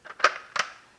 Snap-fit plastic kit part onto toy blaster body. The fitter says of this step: And then this will go on like so, snap into place.